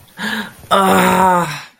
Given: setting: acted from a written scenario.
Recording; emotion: vocal sound without words; pain